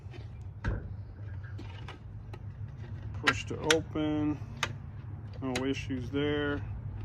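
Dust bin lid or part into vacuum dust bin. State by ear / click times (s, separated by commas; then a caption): not seated / none. A plastic part of the dust bin on a Dyson Ball Animal 2 vacuum cleaner is handled after the bin has been opened and checked, while someone talks over a steady low hum. Brief knocks and taps sound throughout, with the sharpest at about 3.3 s and 4.6 s. The part has not yet seated or clicked into place when the clip ends.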